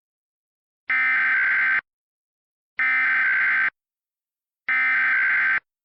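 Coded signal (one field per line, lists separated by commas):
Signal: Emergency Alert System (SAME) tones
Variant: header bursts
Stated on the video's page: Mock Texas Required Monthly Test, a recreation of how the relayed alert might have looked.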